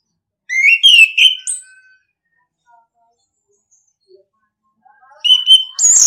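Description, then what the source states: Orange-headed thrush singing slurred whistled phrases with high chirps, a gap of faint notes, then another phrase rising to high whistles. Training recording (masteran) in the singing style called ngeplong.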